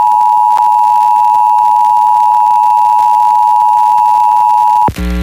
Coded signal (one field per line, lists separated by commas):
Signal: Emergency Alert System (SAME) tones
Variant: 853 and 960 Hz attention tone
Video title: Pennsylvania Required Monthly Tests (1/20/22)(EAS 1054-1061)